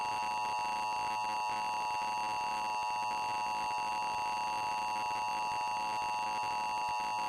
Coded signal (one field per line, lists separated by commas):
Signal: Emergency Alert System (SAME) tones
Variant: 853 and 960 Hz attention tone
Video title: Century Link Eas On TV